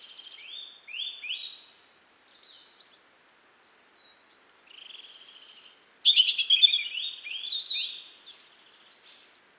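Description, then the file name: European robin song, opening with a few sliding whistled notes, then softer twitters, building to a loud burst of rapid high trills and warbles. "Erithacus rubecula"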